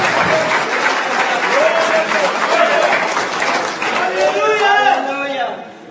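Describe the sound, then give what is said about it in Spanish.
A large crowd claps loudly and steadily for Donald Trump for several seconds, a dense wash of applause with shouts and cheering voices rising above it toward the end before it tapers off. “Wow, hermano, qué aplauso más ratífico para Donald Trump que lo dio esta noche.”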